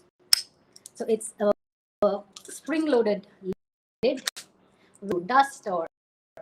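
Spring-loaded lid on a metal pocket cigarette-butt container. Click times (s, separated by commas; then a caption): 0.3 s. The spring-loaded lid of a metal pocket cigarette-butt container with a keychain is snapped shut by hand, giving a sharp metallic click at 0.3 s, followed by two faint ticks. Someone then talks throughout the rest of the clip. The lid clicks fully closed, keeping dust and ash inside.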